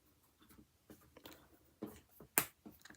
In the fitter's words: Okay. And you could hear the snap of that magnet, right?